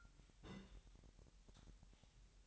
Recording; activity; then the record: daily activity, microphone in the room; place on stove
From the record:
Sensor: 3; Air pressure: 1002.0 hPa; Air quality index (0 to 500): 249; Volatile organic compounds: 51 ppm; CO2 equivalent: 3314 ppm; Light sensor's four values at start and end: 6/15/6/6 and 6/15/6/6